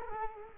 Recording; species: mosquito wingbeat signal from an infrared sensor; Culex quinquefasciatus